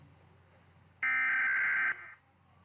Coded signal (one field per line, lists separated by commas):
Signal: Emergency Alert System (SAME) tones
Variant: header bursts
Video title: Rating eas Alarms (Fianally)